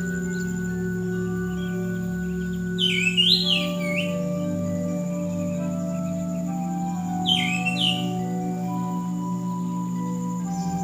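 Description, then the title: Bird song: two brief twittering, downward-sliding phrases about four seconds apart, heard over a loud, steady low hum. Chirping bird song. "SuaraBurung Kicau"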